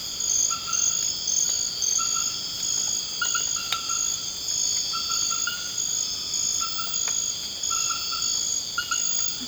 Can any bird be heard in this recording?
no